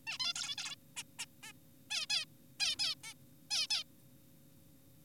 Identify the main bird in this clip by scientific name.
Taeniopygia guttata